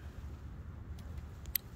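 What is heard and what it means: The second pair of plastic MC4 connectors on a 160 W solar panel is pushed together over a low background rumble. Faint ticks come at about 1.0 and 1.5 seconds, then a sharp click at 1.6 seconds as the connector seats and the joint is nice and tight.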